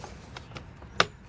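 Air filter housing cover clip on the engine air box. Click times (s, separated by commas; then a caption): 1.0 s. A spring-metal clip on the plastic engine air filter housing cover of a 2021 Jeep Grand Cherokee Limited 3.6L is pressed over during an air filter replacement. Two faint taps at about 0.4 s and 0.6 s come before the clip snaps shut with one sharp, loud click at 1.0 s. The first cover clip is closed and seated.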